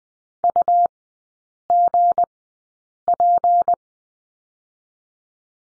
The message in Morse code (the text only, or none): UGP